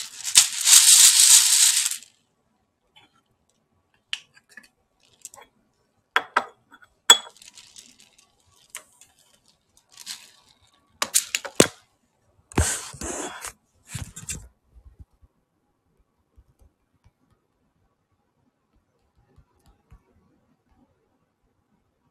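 Tidying up around the kitchen: a bright hissing spray opens, then scattered clatters, clicks and scrapes come in bursts, thinning to quiet after fourteen seconds.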